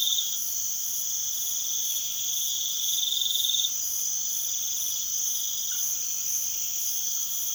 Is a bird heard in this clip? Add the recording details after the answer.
no. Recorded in pastures near Puerto Asís, Putumayo, Colombia, on 21 March 2025 at 23:30. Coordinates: 0.487, -76.322. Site G077